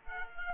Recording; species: mosquito wingbeat signal from an infrared sensor; Culex quinquefasciatus